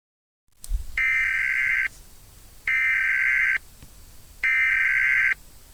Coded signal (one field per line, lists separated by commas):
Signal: Emergency Alert System (SAME) tones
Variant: header bursts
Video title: EAS Scenario: Mickey Mouse.EXE (Good Ending)